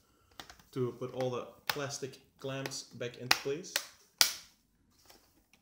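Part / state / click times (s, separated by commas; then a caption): plastic screen bezel clip into laptop display lid / seated / 4.2 s. Someone talks while the plastic screen bezel of a Sony VAIO SVE1713X1EB laptop is pressed back onto the display lid. At 4.2 s a plastic bezel clamp snaps into place with a single loud, sharp click, and the bezel clip is seated.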